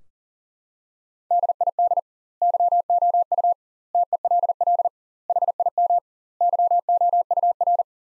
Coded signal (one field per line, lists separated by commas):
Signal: Morse code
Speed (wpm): 37 wpm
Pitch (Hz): 700 Hz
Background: none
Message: DID YOU TELL HIM YOUR